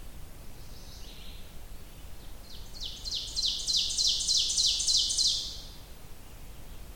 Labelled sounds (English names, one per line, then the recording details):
Ovenbird song
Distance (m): 30 m
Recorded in boreal forest in Alberta, Canada, on 30 June 2016 at 07:19
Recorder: SongMeter 3, array SBT-6-79
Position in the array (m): 215 m, 19 m
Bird 39